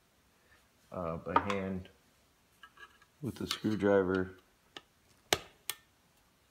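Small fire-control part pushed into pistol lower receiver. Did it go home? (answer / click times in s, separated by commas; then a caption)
yes / 5.3 s, 5.7 s. A small fire-control part is pushed into the lower receiver of a Cobray Mac M11 pistol with a screwdriver after it would not go on by hand, while someone talks. Sharp metallic clicks ring out at 5.3 s and 5.7 s as the part seats into place.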